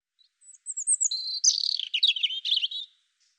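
European robin song opening with a thin, wavering high whistle, then tumbling into fast, tinkling warbled notes for about two seconds.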